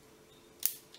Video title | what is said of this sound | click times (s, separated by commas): How to 100% disassemble Sig Sauer P226 | and should click into place and then the whole thing you test the button it's not going to fall out | 0.7 s